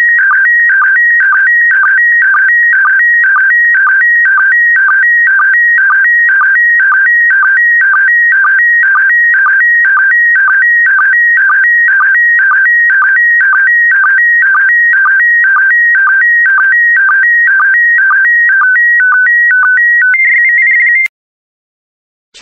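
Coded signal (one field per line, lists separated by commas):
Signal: SSTV (slow-scan television)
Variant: PD120 mode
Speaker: complete you can now check your decoded image against the picture that is shown on the video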